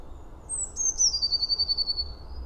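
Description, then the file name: Eurasian blue tit call, a high thin note or two sliding down into a rapid even trill lasting over a second, with soft low rumble beneath. "Cyanistes caeruleus"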